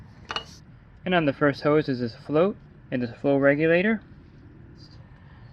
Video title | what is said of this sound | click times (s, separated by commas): MX6 ELITE (MX8 ELITE) Installation at a Pool with a Variable Speed Pump (VS Pump) | and then twist it. It locks into place. | 0.3 s, 0.4 s